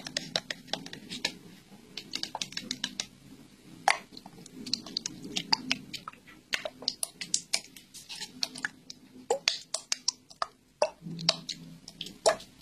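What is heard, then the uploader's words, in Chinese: Crisp scraping and tapping sounds from an eye-cleaning and eye-drop routine come in quick, irregular bursts, several per second, with a few sharper clicks near 4 and 12 seconds. A soft, low rubbing murmur runs underneath. 双声道。擦拭眼睛刀刮脏东西 滴眼药水按摩眼部。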